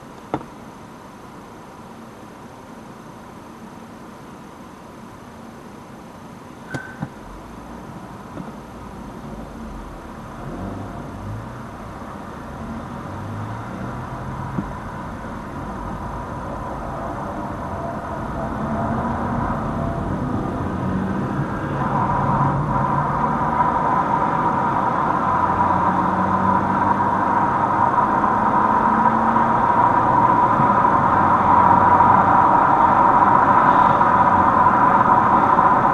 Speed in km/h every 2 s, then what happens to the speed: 1, 1, 1, 0, 2, 6, 15, 18, 22, 34, 43, 50, 57, 64, 74, 75, 74, 73.
0-8 standing. 8-30 pulls away to 75. 30-36 steady at about 74.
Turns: none.